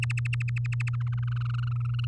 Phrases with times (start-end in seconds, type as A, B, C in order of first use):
0.02-0.89 A, 0.93-2.05 B